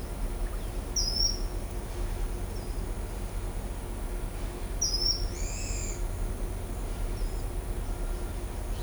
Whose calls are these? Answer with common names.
Ochre-lored Flatbill, Pale-eyed Pygmy Tyrant